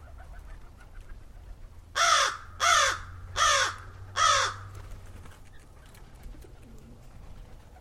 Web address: american crow close up with rural ambient sounds